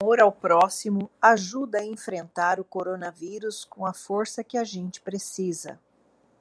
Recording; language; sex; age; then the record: spoken sentence; Brazilian Portuguese; female; 50 to 59 years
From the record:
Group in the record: control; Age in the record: 56 years